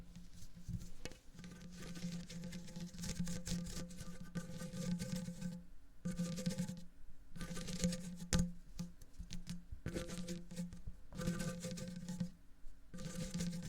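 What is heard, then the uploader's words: Dense crinkling and squishing taps from handled objects, possibly silicone or a soft ball, come in bursts separated by brief pauses near 1, 6, 7 and 11 seconds. A steady low hum runs beneath everything. ASMR very odd & unsual triggers hollow tube, paw cleaning silicone, stress balls & more.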